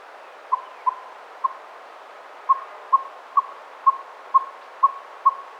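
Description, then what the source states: Northern saw-whet owl tooting a steady series of brief whistled notes, about two per second after a short pause, over faint steady hiss. Nominate subspecies Aegolius acadicus acadicus.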